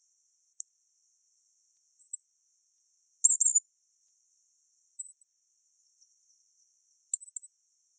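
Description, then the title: Black-masked finch calling with brief, extremely high, sibilant phrases, some trilled, five bursts spaced roughly one to two seconds apart against a quiet background. "LuckyPassaro Completos2Sama. Black-masked Finch (Coryphaspiza melanotis)"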